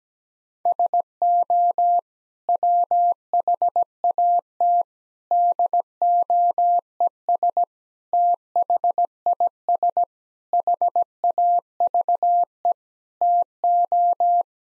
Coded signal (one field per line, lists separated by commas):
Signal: Morse code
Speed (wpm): 17 wpm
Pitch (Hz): 700 Hz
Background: none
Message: SO WHAT DOES THIS HAVE TO